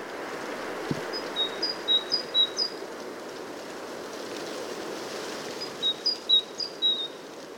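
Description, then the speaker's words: Great tit song: a high, clear two-note phrase repeated a few times, given twice, over a steady rushing of wind through trees. Singing great tit recorded in winter by a lake in Tyresand National Park, Sweden, with wind through the trees in the background. "It's actually an excellent opportunity to record common species, such as this singing great tit."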